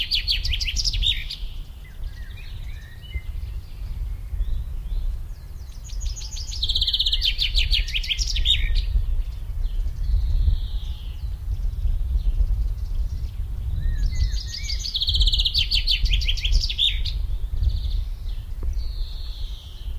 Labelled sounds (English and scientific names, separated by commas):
Common Chaffinch (Fringilla coelebs) song